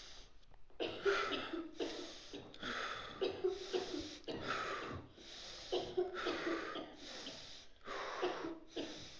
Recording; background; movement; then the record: deep breathing; a bystander coughing; sitting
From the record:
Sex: male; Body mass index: 22.0 kg/m2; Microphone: on the chest, facing outward